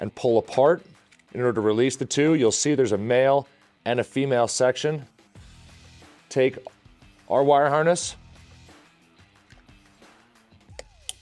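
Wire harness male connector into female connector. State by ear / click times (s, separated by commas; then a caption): seated / 11.1 s. Someone talks while the male and female plastic connectors of a Form Fusion Spyder trunk light wire harness are pushed together, with faint handling sounds near the end. A sharp snap at 11.1 s marks the connector seating.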